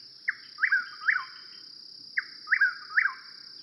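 Chuck-will's-widow sings two quick whistled phrases, each a short note followed by emphatic slurred notes, against a constant high buzz.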